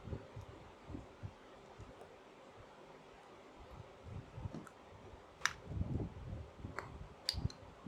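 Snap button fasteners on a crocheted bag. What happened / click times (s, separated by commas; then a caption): Three snap fasteners pressed closed / 5.5 s, 6.8 s, 7.3 s. Snap fastener buttons on a crocheted yarn shirt-style bag are pressed shut at three points, giving sharp metallic clinks at 5.5, 6.8 and 7.3 seconds. Quieter low-frequency handling thumps and rustles come before them. All three snaps end up fastened.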